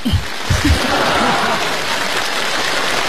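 A steady wash of audience applause, dense clapping with a few brief voiced bursts at the start, holding at an even level for about three seconds.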